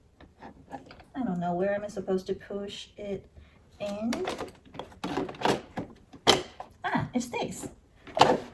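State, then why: Partly seated. A plastic mopping module is pushed onto the rear of a Roborock E35 robot vacuum while someone talks. A short click is heard at 8.2 seconds, but the module only catches on one side and does not fully attach.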